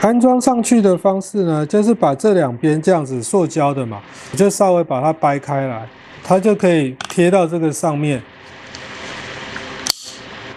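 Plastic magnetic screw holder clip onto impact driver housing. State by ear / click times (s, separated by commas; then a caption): seated / 9.9 s. Someone talks while spreading the two plastic sides of a magnetic screw-holder sleeve and pressing it onto the body of an impact driver. After the talking stops, a few faint ticks lead into a single sharp snap at 9.9 s, and the plastic magnetic screw holder is seated, clamped tight on the impact driver housing.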